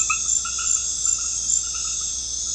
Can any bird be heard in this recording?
no